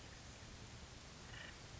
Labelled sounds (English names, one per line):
Acorn Woodpecker